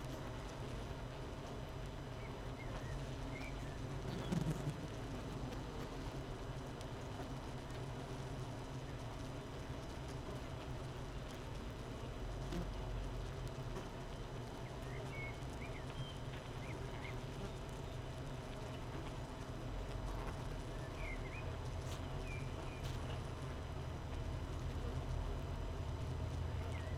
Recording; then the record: honeybee colony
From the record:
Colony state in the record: missing queen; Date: 31 May 2018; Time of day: 7:35